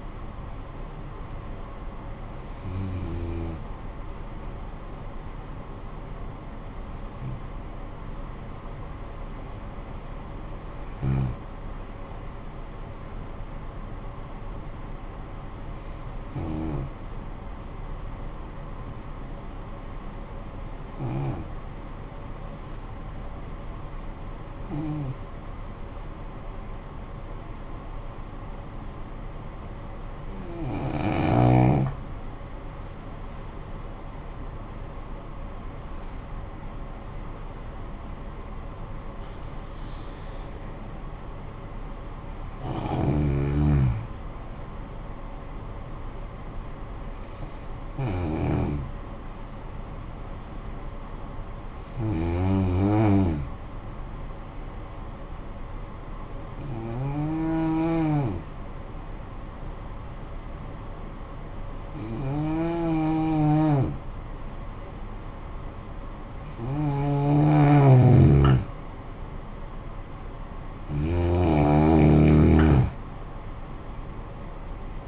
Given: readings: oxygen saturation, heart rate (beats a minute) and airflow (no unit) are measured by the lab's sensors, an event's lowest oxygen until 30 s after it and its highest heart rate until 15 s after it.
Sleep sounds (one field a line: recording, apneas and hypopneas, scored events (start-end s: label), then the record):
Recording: breathing in sleep by a smartphone at the bedside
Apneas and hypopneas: 2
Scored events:
18.00-32.90 s: hypopnea (N1, oxygen 95% highest, then 86% lowest, heart rate 50 at the start, 73 highest)
50.00-64.90 s: hypopnea (N1, oxygen 95% highest, then 88% lowest, heart rate 49 at the start, 64 highest)
From the record:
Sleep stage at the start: N1 (lightest sleep)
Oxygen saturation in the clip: 86 to 96%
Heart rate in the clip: 49 to 73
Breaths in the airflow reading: 16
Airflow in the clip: -13.1 to 12.1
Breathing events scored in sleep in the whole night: 445 in 7.6 hours asleep